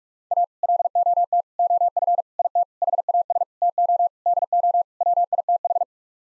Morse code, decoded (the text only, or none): A LOT OF IT HAS TO DO WITH